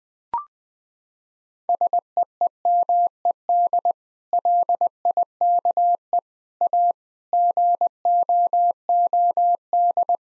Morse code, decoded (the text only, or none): SEEMED LIKE A GOOD